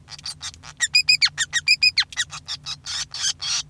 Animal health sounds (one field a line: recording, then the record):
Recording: song of a male Bengalese finch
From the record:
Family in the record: son of father 5